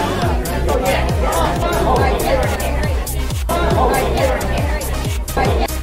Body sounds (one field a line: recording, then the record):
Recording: background sound without coughing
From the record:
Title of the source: Nightlife Party Simulating Party Club Noise 1 Hour